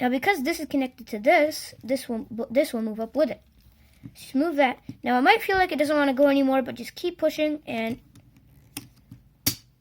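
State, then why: Seated. Someone talks while pushing a plastic transformation section of a Transformers The Last Knight Bumblebee action figure, which feels stuck but is pushed on. It snaps into place, locking into the body with a sharp click at 9.5 s, preceded by faint small knocks.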